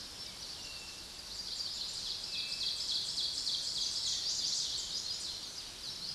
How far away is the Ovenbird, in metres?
about 30 m